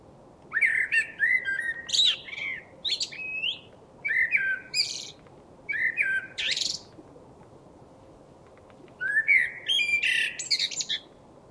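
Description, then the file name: Common blackbird singing phrase after phrase, each mixing rich low whistles with strained high squeaks. There is a longer gap before the last burst. "Turdus merula"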